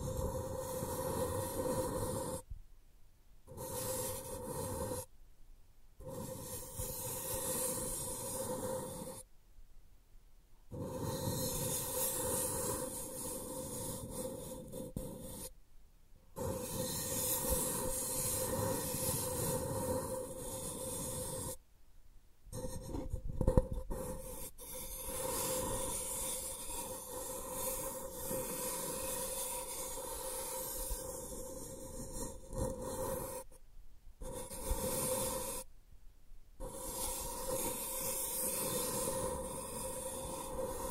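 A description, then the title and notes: Sensitive tracing gives a steady, airy rushing with a soft scratchy texture and a faint constant hum underneath. The sound cuts to complete silence abruptly about seven times, near 3, 5, 10, 16, 22, 34 and 36 seconds. ASMR Sensitive Tracing (No Talking).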